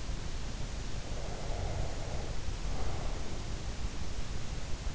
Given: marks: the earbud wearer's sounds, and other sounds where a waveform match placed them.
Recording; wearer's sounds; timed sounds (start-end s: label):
sounds in sleep by an in-ear microphone; breath
1.13-3.22 s: breath